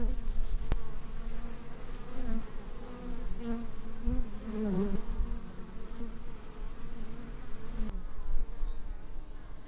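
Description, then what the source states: Bee buzz, a continuous wavering drone with one insect swelling louder near the middle, plus a sharp click early on and another near the end. Bees recorded in a meadow close to a hive.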